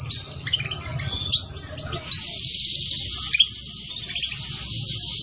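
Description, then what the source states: Canary song: sharp chirps leading into a long, sustained high rolling trill, with constant background hiss. Song used to lure birds.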